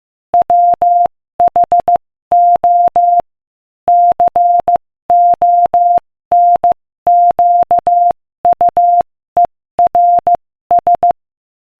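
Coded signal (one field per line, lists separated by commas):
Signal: Morse code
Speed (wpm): 15 wpm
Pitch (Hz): 700 Hz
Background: none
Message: WHO CONQUERS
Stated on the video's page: Morse code practice at 15 wpm, sending inspirational quotations.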